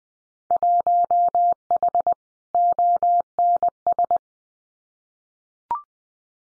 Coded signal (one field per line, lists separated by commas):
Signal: Morse code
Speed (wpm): 20 wpm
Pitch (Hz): 700 Hz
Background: none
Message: 1H ONS